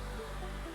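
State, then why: Not seated. The leg parts of a plastic transforming robot figure are being handled and pushed in along their slider joints. Only a steady, even noise with low humming tones is heard, with no sharp hit. Nothing has seated or clicked yet.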